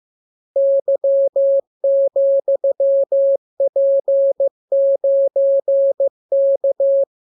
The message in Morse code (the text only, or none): Y,P9K